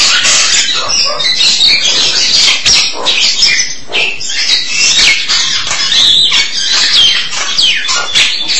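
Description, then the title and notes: Starling song, a steady stream of grating, wheezy chatter mixed with clicks and short whistled squeaks. "suara burung jalak"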